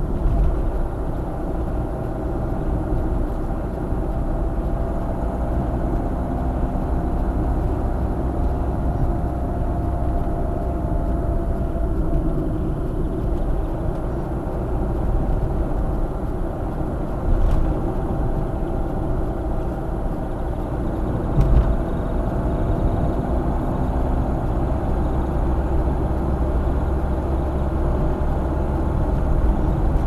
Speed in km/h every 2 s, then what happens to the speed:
59, 61, 63, 64, 65, 57, 57, 58, 59, 59, 62, 65, 66, 68, 68.
0-9 speeds up to 65. 13-30 speeds up to 68.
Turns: none.